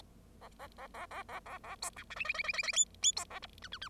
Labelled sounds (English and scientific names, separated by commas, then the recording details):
Bengalese Finch (Lonchura striata domestica) song
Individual Bird0